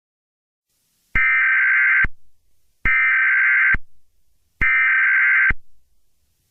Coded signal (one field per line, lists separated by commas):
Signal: Emergency Alert System (SAME) tones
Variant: header bursts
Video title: EAS Scenario #23: Mickey Error II The Next Chapter